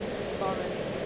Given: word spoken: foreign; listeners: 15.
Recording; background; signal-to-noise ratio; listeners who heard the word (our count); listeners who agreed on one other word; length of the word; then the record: one English word in noise, from a listening test; speech-shaped noise; -4.3 dB; 2 of 15; 12 of 15; 0.66 s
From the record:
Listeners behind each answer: 12, 2, 1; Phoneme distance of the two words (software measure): 27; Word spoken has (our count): 2 syllables, 5 phonemes, stress on syllable 1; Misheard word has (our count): 2 syllables, 4 phonemes, stress on syllable 1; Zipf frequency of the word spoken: 4.76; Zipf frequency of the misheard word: 4.27